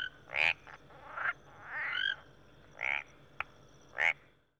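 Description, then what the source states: Frogs giving scattered harsh croaks, one drawn-out call in the middle, with a faint steady high hum underneath. Jungle ambience with frogs and insects.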